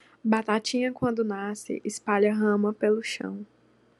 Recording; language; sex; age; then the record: short text; Brazilian Portuguese; female; 20 to 29 years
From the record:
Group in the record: control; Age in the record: 20 years